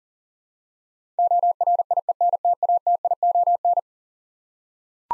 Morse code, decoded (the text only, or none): ORIENTATION